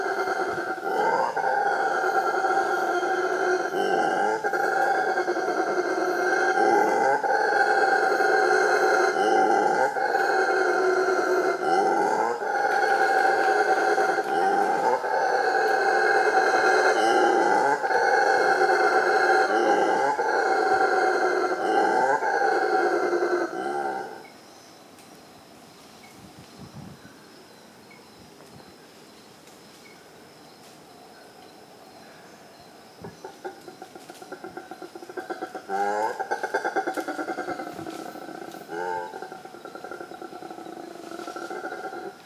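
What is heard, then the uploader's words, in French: Howler monkeys roar in a loud, dense, pulsing chorus for about twenty-four seconds, then fall quiet, with fainter calls returning near the end. Cris du singe hurleur. Singes hurleurs à Ilha Grande, Brésil.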